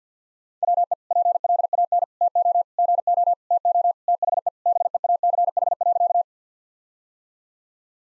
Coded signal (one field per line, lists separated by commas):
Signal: Morse code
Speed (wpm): 50 wpm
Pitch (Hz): 700 Hz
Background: none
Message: WE PLAN TO GO TO THE BEACH.